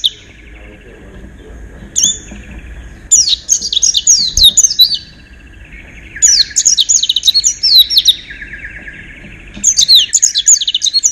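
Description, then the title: White-eye singing in repeated bouts of fast, high twittering, each burst a couple of seconds long and separated by short pauses. "Pleci. Haji Ifa Kudus"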